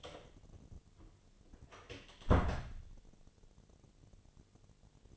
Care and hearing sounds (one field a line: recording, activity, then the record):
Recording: daily activity, microphone in the room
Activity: close door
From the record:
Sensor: 4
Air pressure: 1008.2 hPa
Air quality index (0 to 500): 180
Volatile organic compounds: 5 ppm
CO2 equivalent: 1802 ppm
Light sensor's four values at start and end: 23/73/28/27 and 25/79/30/29